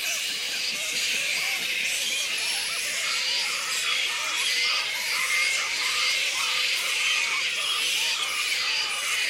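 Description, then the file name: Black flying fox colony giving a steady wash of high, scratchy squeaks and chitters, many animals calling over one another without a break. Colony of black fruit bats giving squeaks. "Black Fruit Bats -Pteropus alecto Colony Squeaks"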